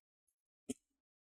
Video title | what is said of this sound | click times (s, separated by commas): 👉 Hp 15 Cw Series KEYBOARD Replacement | make sure everything is in place nice and clicked | 0.7 s